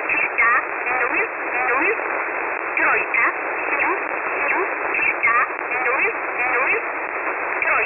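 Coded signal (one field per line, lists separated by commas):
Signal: numbers station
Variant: E11 Oblique, English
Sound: a voice reading short words over radio hiss on a narrow sideband channel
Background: radio static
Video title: 07 08 2021 Number station E11 Oblique in English to Eu 0830 on 5149 unknown tx site in USB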